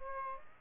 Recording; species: mosquito wingbeat signal from an infrared sensor; Aedes aegypti